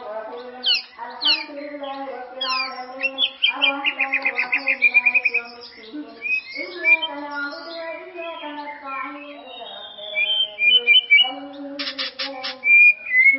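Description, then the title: White-rumped shama song: varied whistled phrases, rapid rising notes and a fast trill near the middle, over low harmonic droning tones. "murai batu"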